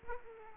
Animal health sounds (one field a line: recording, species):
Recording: mosquito wingbeat signal from an infrared sensor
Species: Aedes aegypti